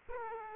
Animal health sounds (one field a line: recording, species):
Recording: mosquito wingbeat signal from an infrared sensor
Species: Aedes aegypti